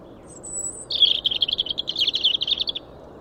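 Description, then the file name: European robin calls: a thin high whistle, then a quick stuttering run of ticking notes lasting nearly two seconds, over soft background hiss. "Erithacus rubecula"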